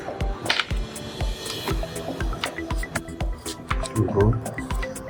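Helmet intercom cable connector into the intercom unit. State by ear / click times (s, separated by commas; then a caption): seated / 0.5 s, 0.6 s. The cable connector of a Cardo Packtalk EDGE helmet Bluetooth intercom is plugged into the intercom unit, giving two close, sharp clicks at 0.5 s and 0.6 s as it seats. Music plays in the background and someone talks briefly after the clicks.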